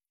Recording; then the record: hydrophone in a shrimp aquaculture tank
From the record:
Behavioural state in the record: feeding